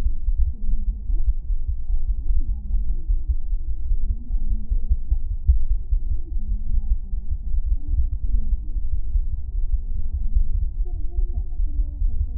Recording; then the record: fetal heart sounds by stethoscope on the mother's abdomen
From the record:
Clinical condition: thrombocytopenia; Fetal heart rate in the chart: 135 bpm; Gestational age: 35 weeks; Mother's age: 24 years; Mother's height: 153 cm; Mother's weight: 62 kg